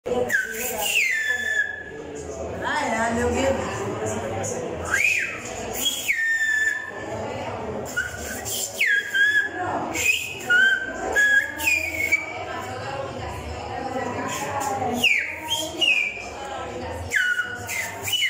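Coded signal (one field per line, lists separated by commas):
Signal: whistled language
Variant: Silbo Gomero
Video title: Silbar con dedo ajeno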